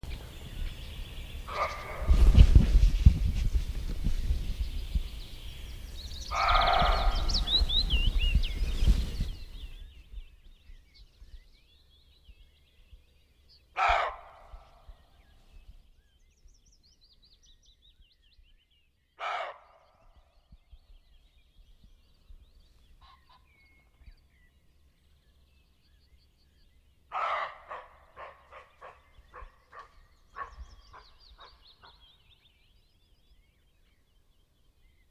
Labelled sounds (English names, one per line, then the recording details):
Western Roe Deer barking
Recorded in the wild
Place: Schönow, Naturpark Barnim, Brandenburg, DE
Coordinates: 52.6892, 13.5014
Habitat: wood
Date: 2005-05-28
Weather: clear, 16°C, no wind
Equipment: Edirol R-4, Sennheiser MKH 70, Windschutz
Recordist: Frommolt, Karl-Heinz